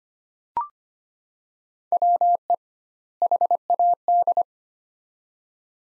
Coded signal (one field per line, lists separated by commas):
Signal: Morse code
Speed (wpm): 25 wpm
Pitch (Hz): 700 Hz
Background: none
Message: WE HAD